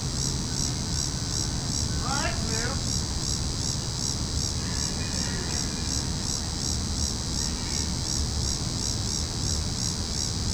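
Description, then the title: Cicadas buzz in a shrill, pulsing chorus; brief descending chirps sound near the start, with low rumble beneath. Cicadas calling in a tree. "neoscenes: cicadas in tree"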